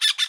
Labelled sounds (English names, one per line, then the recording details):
Brown-throated Parakeet contact call
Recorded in Bonaire
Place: 1 km N of power plant, rd to Republiek
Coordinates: 12.184, -68.285